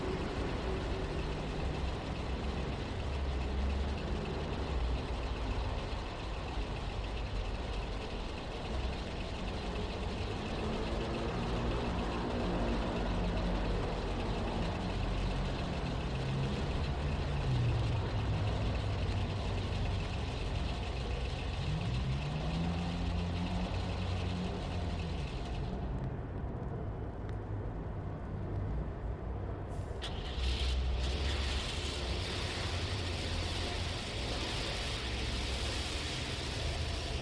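Dense street traffic roars steadily, with engines rumbling. Low engine tones rise and fall as vehicles pull away or pass, around the middle and again near twenty-two seconds. Near twenty-six seconds the hiss briefly dulls before returning.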